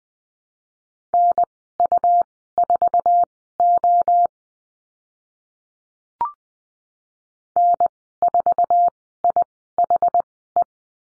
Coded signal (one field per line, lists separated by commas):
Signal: Morse code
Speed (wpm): 20 wpm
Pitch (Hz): 700 Hz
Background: none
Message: NU4O N4IHE